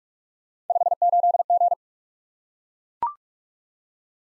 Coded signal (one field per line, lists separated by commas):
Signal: Morse code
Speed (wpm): 44 wpm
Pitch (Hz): 700 Hz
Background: none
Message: 58G